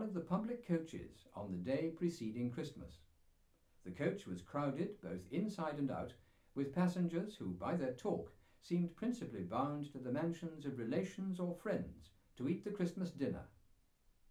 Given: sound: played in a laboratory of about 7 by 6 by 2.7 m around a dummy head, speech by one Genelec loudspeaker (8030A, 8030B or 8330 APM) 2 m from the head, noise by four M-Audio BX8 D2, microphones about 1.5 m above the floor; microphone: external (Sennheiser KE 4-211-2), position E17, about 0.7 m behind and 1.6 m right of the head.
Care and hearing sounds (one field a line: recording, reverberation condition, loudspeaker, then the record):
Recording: male speech in English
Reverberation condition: low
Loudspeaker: 60 degrees to the right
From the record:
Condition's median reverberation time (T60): about 310 ms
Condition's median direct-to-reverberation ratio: about 3.5 dB